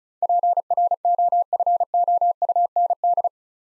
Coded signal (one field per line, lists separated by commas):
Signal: Morse code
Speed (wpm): 34 wpm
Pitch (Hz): 700 Hz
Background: none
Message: PROFOUND